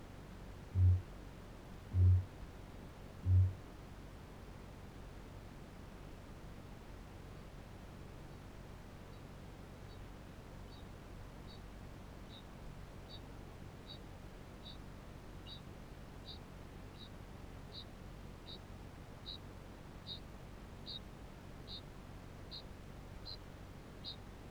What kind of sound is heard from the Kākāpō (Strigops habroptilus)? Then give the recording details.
boom, ching call. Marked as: faintness 2/5, faintness 5/5, faintness 4/5, faintness 3/5. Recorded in New Zealand. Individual Barnard